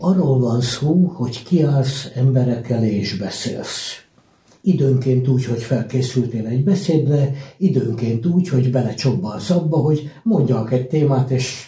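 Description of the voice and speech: One adult speaks fluent, clearly voiced Hungarian at an easy pace with brief pauses; ordinary speech.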